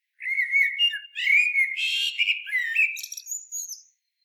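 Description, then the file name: Common blackbird song: a mellow fluted warble around low-middle pitch, turning into a high, thin twittering flourish at the end, in a single phrase of about four seconds. "Turdus merula"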